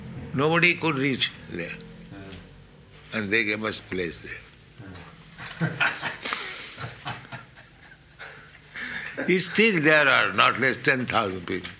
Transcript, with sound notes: Nobody could reach there, and they gave us place there. [Ambassador laughs] Still, there were not less ten thousand people.